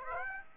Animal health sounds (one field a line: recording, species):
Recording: mosquito wingbeat signal from an infrared sensor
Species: Aedes aegypti